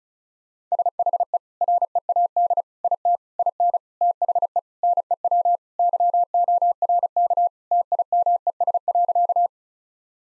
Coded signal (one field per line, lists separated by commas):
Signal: Morse code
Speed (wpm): 34 wpm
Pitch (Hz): 700 Hz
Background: none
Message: SHE READ IT IN THE NEW YORK TIMES.